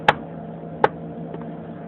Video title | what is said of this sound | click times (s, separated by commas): Cleaning the brushbar on the DC04/07/14/33 | A little click like that. | 0.1 s, 0.8 s